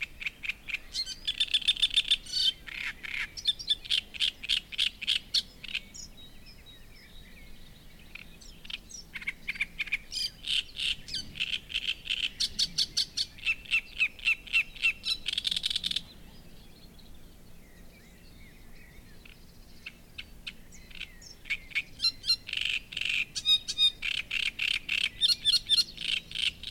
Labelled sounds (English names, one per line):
Great Reed Warbler